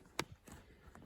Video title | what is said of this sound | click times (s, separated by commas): Porsche 924 944 klappern beseitigen / eliminate rattling | jetzt ist sie fest eingerastet, kann nichts mehr passieren. | 0.2 s